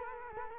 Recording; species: mosquito wingbeat signal from an infrared sensor; Culex quinquefasciatus